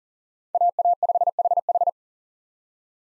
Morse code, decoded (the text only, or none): AA5HH